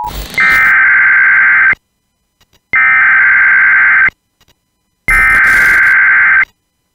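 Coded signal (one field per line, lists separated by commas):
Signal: Emergency Alert System (SAME) tones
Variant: header bursts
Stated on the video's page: Parody, unofficial concept of a Philippine emergency broadcast system; simulated alert.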